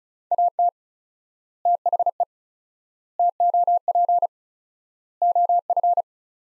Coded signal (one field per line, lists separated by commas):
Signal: Morse code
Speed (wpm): 36 wpm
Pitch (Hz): 700 Hz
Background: none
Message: AT THE TOP OF